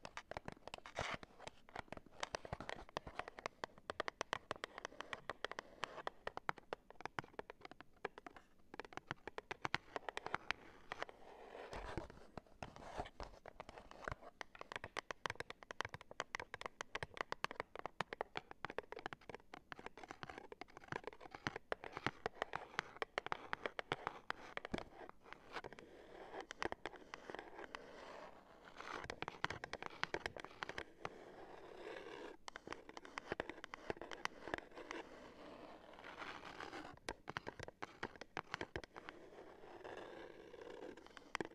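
Cardboard being tapped and handled, a dense run of short dry knocks and scratchy rustles that continues for the whole clip without pause. The hits come fast and uneven, papery and mid-toned.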